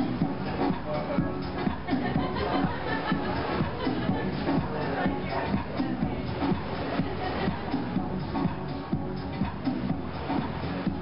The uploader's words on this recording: Cambodia - beach bar sounds. Cambodia Tech House music plays in a restaurant/bar (people laughing) at the beach at (Krong Prea) Sihanoukville, Cambodia.